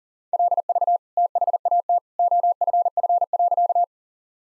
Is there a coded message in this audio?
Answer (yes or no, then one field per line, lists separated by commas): yes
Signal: Morse code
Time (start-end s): 0.3-3.8 s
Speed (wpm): 37 wpm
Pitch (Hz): 700 Hz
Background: none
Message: LV THAT OFF.